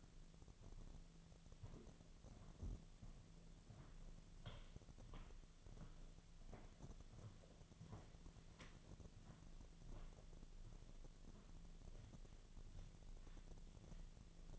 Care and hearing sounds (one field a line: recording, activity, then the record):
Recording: daily activity, microphone in the room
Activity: walk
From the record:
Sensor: 4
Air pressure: 1009.1 hPa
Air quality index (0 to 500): 168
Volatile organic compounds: 4 ppm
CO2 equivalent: 1693 ppm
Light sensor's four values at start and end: 25/76/29/28 and 24/76/29/28